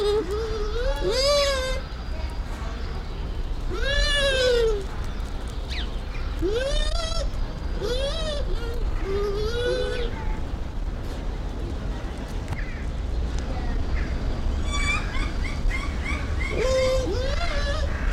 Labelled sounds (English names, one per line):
Bush Dog